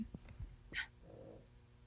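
Faint snorting, rumbling snore from Santino, a pet dog in the room; an ordinary pet snore that sounds like a pig.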